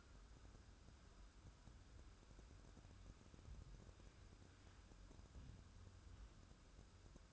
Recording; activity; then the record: daily activity, microphone in the room; wipe stove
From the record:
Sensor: 2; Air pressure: 1015.0 hPa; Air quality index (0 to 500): 63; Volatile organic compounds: 1 ppm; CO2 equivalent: 767 ppm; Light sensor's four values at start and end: 13/35/14/15 and 13/35/14/15